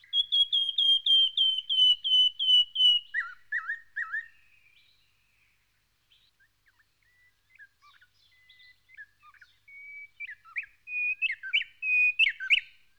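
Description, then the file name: White-browed robin-chat song: a fast series of loud repeated whistles, then soft scattered notes, then a renewed build-up of louder phrases. "Cossyphe-d Heuglin-Cossypha-heuglini-White-Browed-robin-chat-Weissbrauenrotel"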